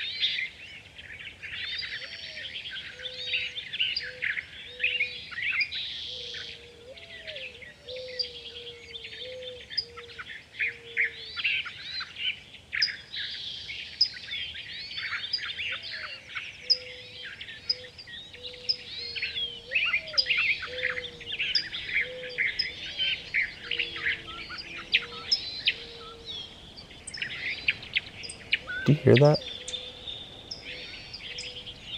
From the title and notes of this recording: The Blue Oaks of Sequoia. The blue oak woodlands in Sequoia National Park in California. A multitude of creatures, great and small, amid the sonic grandeur of nature.